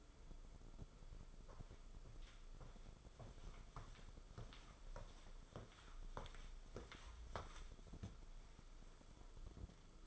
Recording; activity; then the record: daily activity, microphone in the room; walk to room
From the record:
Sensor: 5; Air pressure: 994.5 hPa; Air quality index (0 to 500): 172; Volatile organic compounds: 658 ppm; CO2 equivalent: 5001 ppm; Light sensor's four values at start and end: 31/105/39/41 and 18/58/22/23